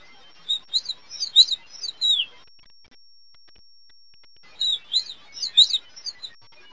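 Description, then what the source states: Fox sparrow flight calls: two bursts of thin, high, crossing chirps, several quick notes each, separated by a two-second silent pause. Nocturnal flight call.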